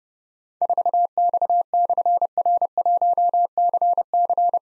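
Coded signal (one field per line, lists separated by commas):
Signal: Morse code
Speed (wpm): 30 wpm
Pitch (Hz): 700 Hz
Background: none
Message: 4X/R1CC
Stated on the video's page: Difficult call signs containing slashes sent at 30 wpm for copy practice, each sent twice around a spoken version.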